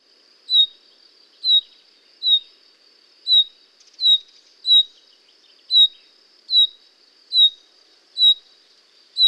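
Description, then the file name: Common chaffinch giving short, high, downslurred call notes, repeated many times, over a steady high hum. "Fringilla coelebs"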